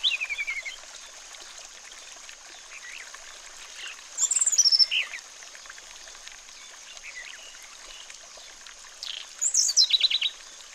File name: terapi air mengalir burung sulingan